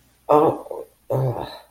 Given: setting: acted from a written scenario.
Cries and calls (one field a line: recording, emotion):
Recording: vocal sound without words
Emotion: disgust